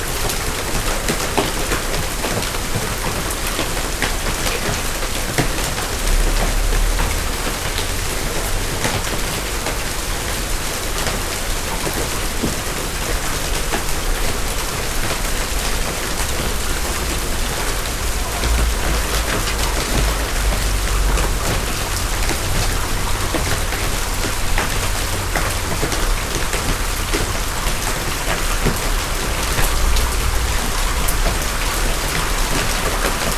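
Hail pelts down in a dense, steady clatter of countless hard, bright impacts that never let up across the half minute. Brief low rumbles surface underneath around six, twenty and thirty seconds, possibly thunder.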